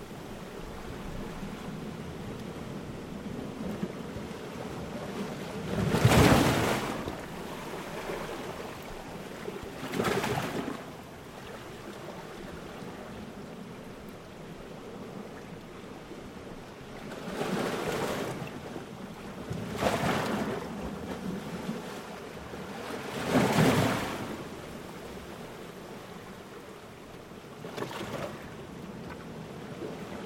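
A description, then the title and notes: Water splashes and sloshes in a shallow, kelp-filled inlet, with a low churning wash running underneath. Louder, brighter splashes break through about every few seconds, near 6, 10, 18, 20, 23 and 28 seconds, some sounding gluggy and hollow. Coastal Hollow - Gluggy Splashes. Here the mics free standing, barely, between two large boulders. The tide was coming in but wasn't quite up there. Most of the splashing here is from a shallow inlet filled with kelp.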